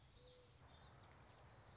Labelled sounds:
Common Yellowthroat (Geothlypis trichas)
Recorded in Sonoma County, California

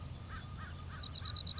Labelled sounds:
American Crow (Corvus brachyrhynchos)
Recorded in Sonoma County, California

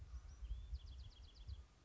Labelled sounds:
Bewick's Wren (Thryomanes bewickii)
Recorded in Sonoma County, California

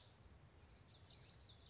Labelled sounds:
Common Yellowthroat (Geothlypis trichas)
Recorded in Sonoma County, California

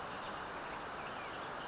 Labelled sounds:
Brown Creeper (Certhia americana)
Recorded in Sonoma County, California

